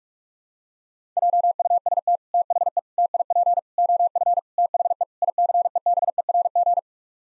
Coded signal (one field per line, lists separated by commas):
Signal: Morse code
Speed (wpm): 46 wpm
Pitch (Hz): 700 Hz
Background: none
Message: JUST THE TIP OF THE ICEBERG